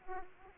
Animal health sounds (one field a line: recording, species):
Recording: mosquito wingbeat signal from an infrared sensor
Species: Aedes aegypti